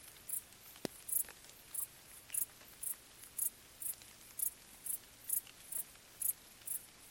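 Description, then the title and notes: High-pitched cricket chirps, brief and evenly spaced about twice a second, with a sharp drip and gentle rain patter in the background. Crickets stridulating late on a summer night during gentle rain on vegetation, along an abandoned railway track in Bad Boll, Baden-Württemberg, with the nearby village silent. "Crickets in gentle summer rain. crickets stridulating late at night whilst gentle summer rain falls on the surrounding vegetation. abandoned railway track in Bad Boll, Baden-Württemberg. Colin Hunter. Music for Sleep"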